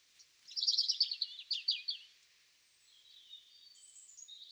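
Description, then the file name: European robin: bird song of rapid, high trilled notes followed by thin, drawn-out high whistles, somewhat faint against a soft background hiss. "Erithacus rubecula"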